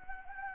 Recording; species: mosquito wingbeat signal from an infrared sensor; Anopheles arabiensis